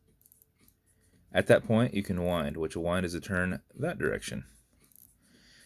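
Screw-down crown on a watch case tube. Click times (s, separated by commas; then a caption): 0.2 s. The screw-down crown of an automatic watch is unscrewed backwards on its case tube, giving a quick run of faint clicks starting at 0.2 s as it comes off the threads and is released. Someone then talks.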